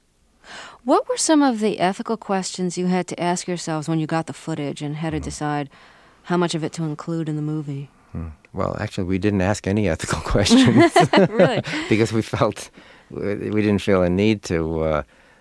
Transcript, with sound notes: What were some of the ethical questions you had to ask yourselves when you got the footage and had to decide how much of it to include in the movie?
Well, actually, we didn't ask any ethical questions...
(LAUGHTER)
Really?
...Because we felt - we didn't feel a need to.